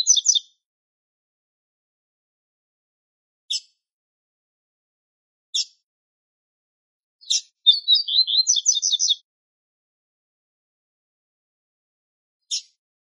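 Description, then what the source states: Double-collared seedeater song: a brief twittering burst, several sharp high chips spaced two seconds apart, a longer rapid warbled phrase, then a final chip. Male singing.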